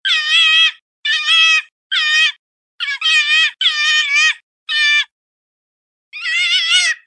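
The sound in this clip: Fox uttering wavering, high whining calls in short bursts, with a pause before a final call.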